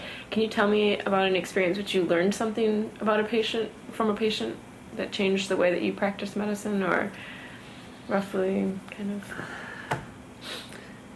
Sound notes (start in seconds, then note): none